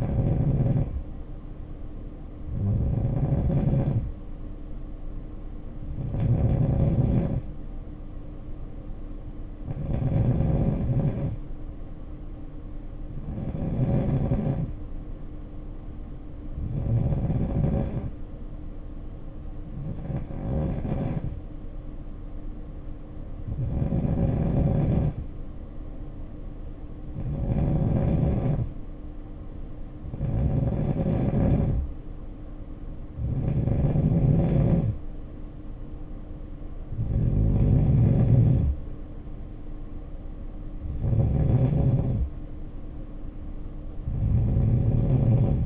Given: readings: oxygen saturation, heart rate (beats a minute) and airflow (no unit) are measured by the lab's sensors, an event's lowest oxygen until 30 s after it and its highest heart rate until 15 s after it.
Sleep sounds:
breathing in sleep by a smartphone at the bedside; 1
4.00-33.40 s: hypopnea (N2, oxygen 93% highest, then 90% lowest, heart rate 60 at the start, 63 highest)
From the record:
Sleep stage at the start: N2 (light sleep); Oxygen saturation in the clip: 90 to 93%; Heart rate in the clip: 55 to 63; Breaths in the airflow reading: 14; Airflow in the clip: -7.3 to 4.0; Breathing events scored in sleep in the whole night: 520 in 7.2 hours asleep

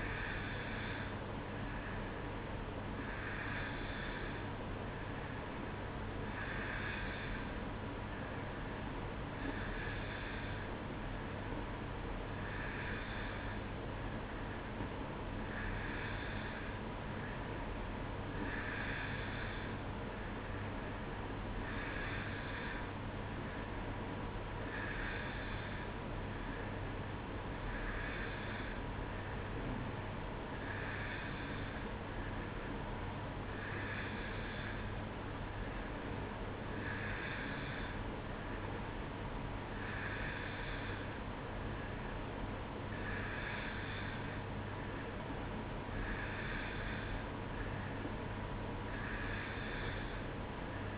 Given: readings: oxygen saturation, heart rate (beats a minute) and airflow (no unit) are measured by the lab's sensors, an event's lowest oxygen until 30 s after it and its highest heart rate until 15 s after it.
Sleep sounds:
breathing in sleep by a voice recorder at the bedside; none
none scored
From the record:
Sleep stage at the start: N2 (light sleep); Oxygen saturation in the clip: 90 to 91%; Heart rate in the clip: 63 to 68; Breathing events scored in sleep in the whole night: 305 in 9.6 hours asleep

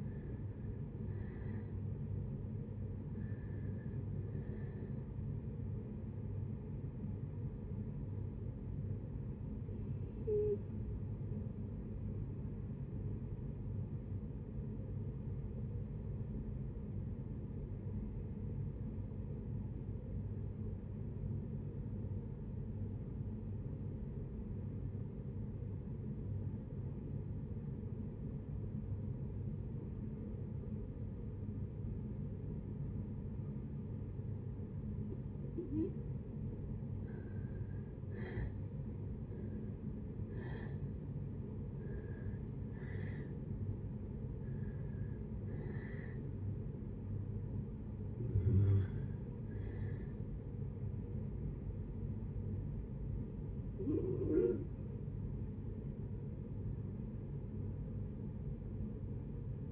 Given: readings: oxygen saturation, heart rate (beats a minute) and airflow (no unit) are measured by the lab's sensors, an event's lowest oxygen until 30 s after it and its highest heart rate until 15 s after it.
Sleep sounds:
breathing in sleep by a smartphone at the bedside; 1
16.00-37.50 s: obstructive apnea (REM, oxygen 92% highest, then 67% lowest, heart rate 66 at the start, 80 highest)
From the record:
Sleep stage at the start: REM sleep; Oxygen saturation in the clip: 58 to 92%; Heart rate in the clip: 55 to 84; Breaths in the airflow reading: 9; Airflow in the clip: -7.2 to 7.8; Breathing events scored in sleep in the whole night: 496 in 5.4 hours asleep

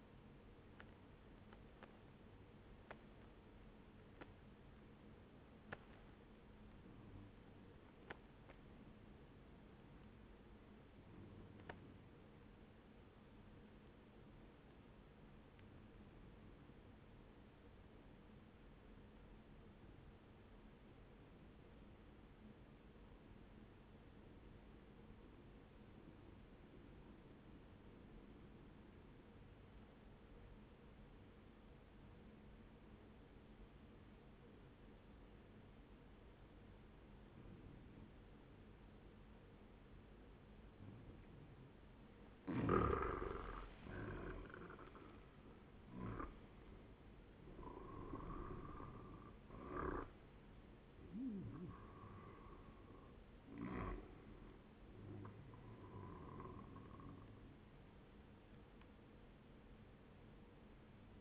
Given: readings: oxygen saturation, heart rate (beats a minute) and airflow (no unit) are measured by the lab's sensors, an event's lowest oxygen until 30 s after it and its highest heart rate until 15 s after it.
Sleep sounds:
breathing in sleep by a voice recorder at the bedside; 1
11.00-41.30 s: obstructive apnea (N1, oxygen 98% highest, then 93% lowest, heart rate 60 at the start, 78 highest)
16.00-46.00 s: new sleep stage, N2 (light sleep)
46.00-61.21 s: new sleep stage, N1 (lightest sleep)
From the record:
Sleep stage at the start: N1 (lightest sleep); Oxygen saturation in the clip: 91 to 98%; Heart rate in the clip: 60 to 78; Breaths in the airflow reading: 4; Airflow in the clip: -8.6 to 12.6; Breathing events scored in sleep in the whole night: 131 in 7.2 hours asleep

